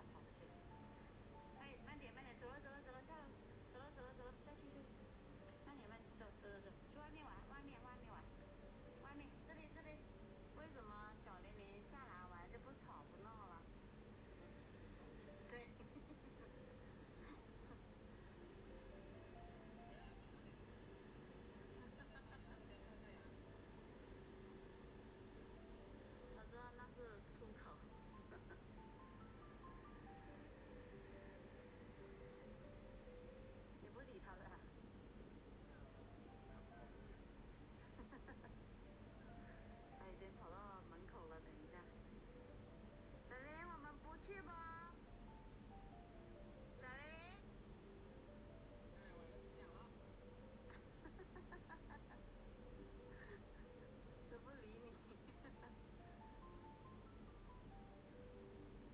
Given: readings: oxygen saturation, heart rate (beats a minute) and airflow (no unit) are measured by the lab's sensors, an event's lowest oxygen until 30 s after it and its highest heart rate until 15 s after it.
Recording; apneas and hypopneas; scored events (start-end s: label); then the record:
a person awake in a sleep study, by a voice recorder at the bedside; none
0.00-58.94 s: awake
From the record:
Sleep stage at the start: awake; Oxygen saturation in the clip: 94 to 96%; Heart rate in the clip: 74 to 82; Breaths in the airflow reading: 16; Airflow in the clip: -4.5 to 5.9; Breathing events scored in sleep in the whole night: 131 in 7.2 hours asleep